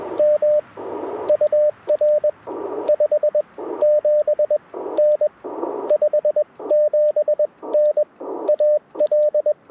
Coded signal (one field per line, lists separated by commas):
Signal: Morse code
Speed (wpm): 21 wpm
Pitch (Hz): 590 Hz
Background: radio noise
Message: M UR 57N 57N AL